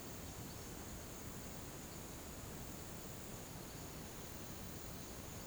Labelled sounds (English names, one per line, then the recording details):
none
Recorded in pastures near Puerto Asís, Putumayo, Colombia, on 13 March 2025 at 13:00
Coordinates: 0.486, -76.323
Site G075